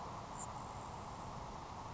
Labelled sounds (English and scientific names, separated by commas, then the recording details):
Grasshopper Sparrow (Ammodramus savannarum)
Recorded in Sonoma County, California